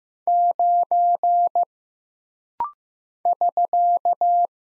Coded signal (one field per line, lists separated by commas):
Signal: Morse code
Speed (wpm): 15 wpm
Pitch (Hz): 700 Hz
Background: none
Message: 9 <SK>